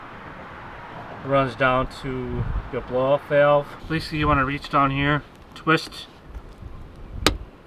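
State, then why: Released. Someone talks while reaching down on a Ford F150 EcoBoost and twisting the plastic quick-connect coupling of the recirculation tube at the turbo blow-off (bypass) valve, as part of a vent-to-atmosphere modification. A sharp click at 7.3 s marks the coupling releasing, so the tube can then be pulled down and off.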